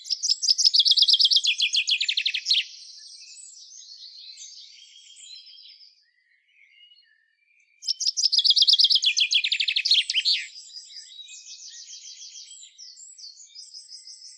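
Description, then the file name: Common chaffinch song: two bright descending trilled phrases ending in a flourish, separated by a pause of several seconds. "Fringilla coelebs"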